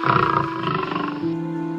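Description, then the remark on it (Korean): A lion lets out one sustained, rumbling roar lasting about two seconds, steady in loudness, its throaty tone dropping slightly lower toward the end. No one speaks. “사자는 흐뭇하게 웃었죠.”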